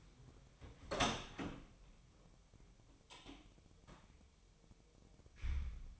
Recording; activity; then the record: daily activity, microphone in the room; open door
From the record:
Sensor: 1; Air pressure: 1007.6 hPa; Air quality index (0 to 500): 194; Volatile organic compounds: 18 ppm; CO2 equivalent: 2633 ppm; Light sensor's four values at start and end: 13/32/13/14 and 13/34/13/15